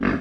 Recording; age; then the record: pig call; growing-finishing pig (85 days or more)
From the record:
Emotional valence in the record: negative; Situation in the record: barren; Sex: male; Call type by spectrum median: low-frequency call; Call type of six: low-frequency stable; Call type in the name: low-frequency stable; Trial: 2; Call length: 0.21 s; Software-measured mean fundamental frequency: 58 Hz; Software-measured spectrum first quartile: 244 Hz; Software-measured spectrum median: 478 Hz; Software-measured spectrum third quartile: 1434 Hz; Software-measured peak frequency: 250 Hz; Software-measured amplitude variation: 169 dB a second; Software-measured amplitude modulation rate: 21.3 a second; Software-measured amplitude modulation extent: 7.9 dB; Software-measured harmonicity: 1.2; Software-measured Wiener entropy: -1.84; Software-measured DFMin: 759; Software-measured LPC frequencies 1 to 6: 296, 1252, 1709, 3700, 4731, 5730 Hz